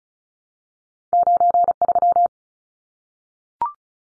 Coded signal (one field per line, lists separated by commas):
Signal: Morse code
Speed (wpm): 36 wpm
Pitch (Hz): 700 Hz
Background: none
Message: 93